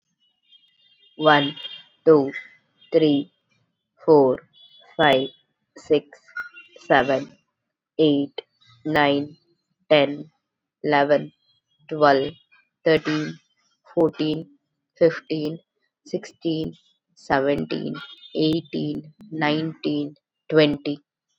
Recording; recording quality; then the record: counting at a normal pace; excellent, no background noise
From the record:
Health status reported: COVID-19 positive, mild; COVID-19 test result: positive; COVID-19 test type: RT-PCR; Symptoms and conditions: cough, cold, fever, fatigue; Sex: female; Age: 33 years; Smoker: no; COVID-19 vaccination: both doses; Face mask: not worn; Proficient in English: yes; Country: India